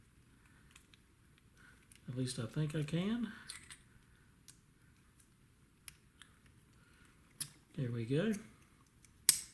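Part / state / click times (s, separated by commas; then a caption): lock cylinder core into trailer lock housing / seated / 9.3 s. A replacement key cylinder (lock core), an alloy exec core with a Black Belt 2 keyway, is installed into the metal body of a Proven Industries GP-Max trailer lock. Someone talks twice, with faint small clicks and handling taps in between. A sharp, loud click at 9.3 s marks the core popping in and seating in the lock housing.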